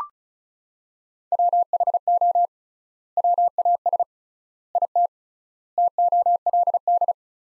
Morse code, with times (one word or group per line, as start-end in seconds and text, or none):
1.3-2.5 WHO
3.2-4.0 WAS
4.8-5.1 IT
5.8-7.1 TOLD